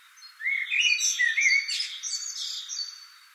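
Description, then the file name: Common blackbird singing a short mellow warble of rising and falling whistles that breaks into a rapid, scratchy high-pitched twitter. "Turdus merula"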